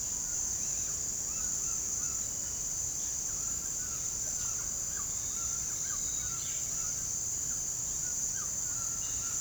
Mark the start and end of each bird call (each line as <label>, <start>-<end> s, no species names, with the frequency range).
bird call (0.6-5.4 kHz), 0.00-9.40 s